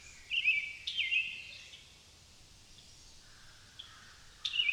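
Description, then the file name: Blackbird gives two brief warbled phrases, then a pause with only faint notes, then another phrase begins. Recorded in the countryside at a pond. "Amos Pond Blackbirds"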